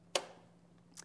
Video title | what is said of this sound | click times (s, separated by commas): Kankakee County Election Judge Training - Touch Screen | now when you go to put the cover back down make sure it clicks into place | 0.2 s